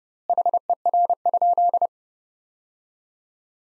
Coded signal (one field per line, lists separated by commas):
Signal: Morse code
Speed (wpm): 30 wpm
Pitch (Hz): 700 Hz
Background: none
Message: HER?